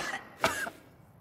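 A single short, sharp cough burst with no wet or rattling sound, in a quiet room. It is an adult's acted imitation of a dry cough, given as a main symptom of coronavirus (COVID-19) alongside high fever and trouble breathing.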